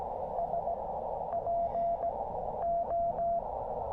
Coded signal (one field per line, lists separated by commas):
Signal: Morse code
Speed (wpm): 19 wpm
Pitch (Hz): 690 Hz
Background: none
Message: SPO